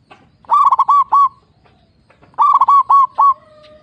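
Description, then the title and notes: Zebra dove song in two short bursts of rapid staccato cooing notes, the second ending in a drawn-out level tone, with a quiet pause between. Local zebra dove singing actively (gacor) with a loud, clear, crystal voice. "PERKUTUT LOKAL GACOR Suara KRISTAL LANTANG 1. Kicau Burung Perkutut"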